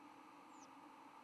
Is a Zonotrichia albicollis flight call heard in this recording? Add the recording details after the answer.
no. Another species' flight call is heard. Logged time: 06:02 on 10 November 2014